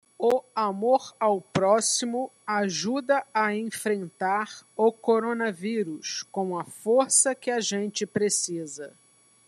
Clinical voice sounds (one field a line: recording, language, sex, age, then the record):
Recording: spoken sentence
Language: Brazilian Portuguese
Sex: female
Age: 40 to 49 years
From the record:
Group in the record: control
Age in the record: 48 years